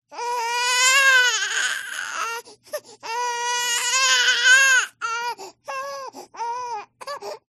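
A baby crying, with two long, loud cries followed by shorter, broken bursts.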